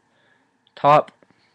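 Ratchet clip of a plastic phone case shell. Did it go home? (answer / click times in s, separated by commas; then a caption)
no / none. Someone talks briefly while handling a ratchet clip on the plastic shell of an iPhone 4S OtterBox Defender case, one of three clips that click together. A few faint, short ticks follow the speech. The clip is not yet home, and nothing has seated or clicked yet.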